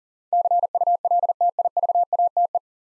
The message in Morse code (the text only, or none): CULTIVATE